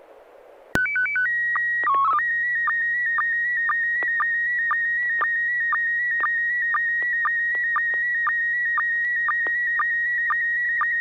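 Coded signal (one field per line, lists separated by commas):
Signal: SSTV (slow-scan television)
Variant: PD 120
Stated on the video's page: SSTV net held weekly on an FM repeater on 441.300 MHz, sent with MMSSTV software.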